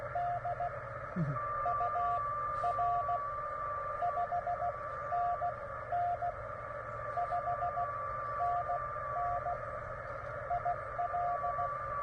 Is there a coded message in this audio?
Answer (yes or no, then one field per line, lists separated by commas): yes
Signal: Morse code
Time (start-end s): 0.2-11.7 s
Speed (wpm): 16 wpm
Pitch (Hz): 700 Hz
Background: radio noise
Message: D UR 5NN 5NN IL